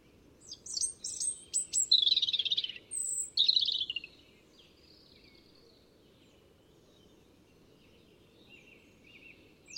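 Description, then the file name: European robin song: a burst of high, thin, varied warbling notes with quick trills and sharp squeaks for about three and a half seconds, then near silence with faint chirps. "Erithacus rubecula"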